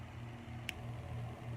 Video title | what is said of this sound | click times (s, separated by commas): Collab Beauty! Full Line Review - Demo § It’s a long one, guys! | hear that click I love | 0.7 s